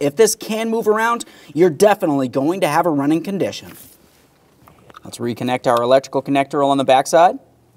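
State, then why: Not seated. Someone talks while handling the electrical connector for the back of a newly installed camshaft position sensor on a 1999-2006 Chevrolet Silverado 1500 4.3L V6. Two faint ticks come near 4.7 and 4.9 seconds during a quiet pause in the talk. The connector has not yet clicked into place.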